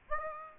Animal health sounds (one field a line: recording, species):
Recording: mosquito wingbeat signal from an infrared sensor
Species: Aedes aegypti